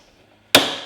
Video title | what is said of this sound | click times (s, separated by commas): Broken Gear? How to replace Samsung freezer rail gear (right) part # DA66-00767A | To reinstall the freezer drawer slide rail, insert the gear end first and then push it until it locks in place. | 0.5 s